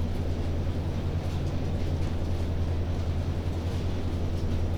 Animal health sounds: poultry house recording; no chicken sound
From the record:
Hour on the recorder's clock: 21

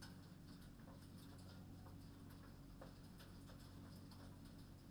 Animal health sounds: poultry house recording; no chicken sound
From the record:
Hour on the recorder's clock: 22

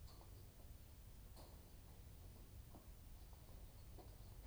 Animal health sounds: poultry house recording; no chicken sound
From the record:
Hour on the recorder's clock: 21

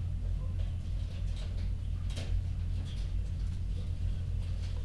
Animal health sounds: poultry house recording; healthy chickens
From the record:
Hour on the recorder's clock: 2

